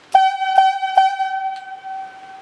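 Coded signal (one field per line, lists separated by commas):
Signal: whistle signal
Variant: highlead logging talkie tooter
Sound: a steady electronic whistle tone, pulsed three times quickly, then held about a second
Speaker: I want the hooker it's gonna sound like this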